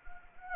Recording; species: mosquito wingbeat signal from an infrared sensor; Anopheles arabiensis